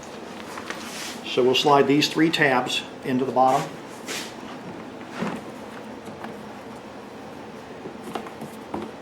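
Someone talks while handling the plastic cover of a Predator 3500 generator, sliding its three tabs into the bottom of the generator housing as part of fitting a first-version extended run time remote fuel kit. A few faint taps and light handling knocks are heard after the talking. Nothing has seated or clicked yet; the cover's snaps are not yet pressed home.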